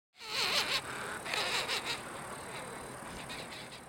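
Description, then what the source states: Short-tailed Shearwaters calling: a dense mass of wavering, moaning and rasping cries. Call described as unique, horrifying and sounding like the devil.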